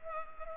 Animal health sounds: mosquito wingbeat signal from an infrared sensor; Culex pipiens

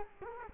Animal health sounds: mosquito wingbeat signal from an infrared sensor; Culex quinquefasciatus

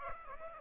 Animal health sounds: mosquito wingbeat signal from an infrared sensor; Aedes aegypti

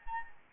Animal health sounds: mosquito wingbeat signal from an infrared sensor; Anopheles gambiae

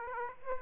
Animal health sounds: mosquito wingbeat signal from an infrared sensor; Aedes aegypti

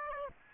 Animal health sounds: mosquito wingbeat signal from an infrared sensor; Aedes albopictus

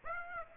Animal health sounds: mosquito wingbeat signal from an infrared sensor; Aedes aegypti

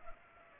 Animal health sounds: mosquito wingbeat signal from an infrared sensor; Culex pipiens

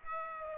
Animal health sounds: mosquito wingbeat signal from an infrared sensor; Aedes aegypti

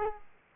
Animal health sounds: mosquito wingbeat signal from an infrared sensor; Aedes aegypti

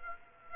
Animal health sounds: mosquito wingbeat signal from an infrared sensor; Aedes aegypti

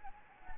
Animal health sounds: mosquito wingbeat signal from an infrared sensor; Anopheles gambiae

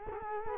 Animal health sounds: mosquito wingbeat signal from an infrared sensor; Culex quinquefasciatus

